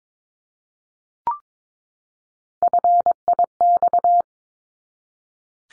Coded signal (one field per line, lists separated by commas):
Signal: Morse code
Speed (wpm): 22 wpm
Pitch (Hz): 700 Hz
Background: none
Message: FIX